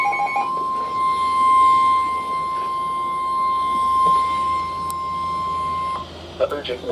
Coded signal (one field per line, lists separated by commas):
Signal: Emergency Alert System (SAME) tones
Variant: 1050 Hz attention tone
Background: speech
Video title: My First TORs - EAS Alerts From 7/20/2022 (EAS #49-58)